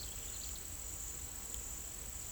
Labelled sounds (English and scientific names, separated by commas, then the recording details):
none
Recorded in pastures near Puerto Asís, Putumayo, Colombia, on 22 December 2024 at 08:30
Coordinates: 0.472, -76.329
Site G072